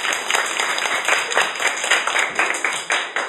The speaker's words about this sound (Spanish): Recibimos con un fuerte aplauso a nuestro siguiente invitado.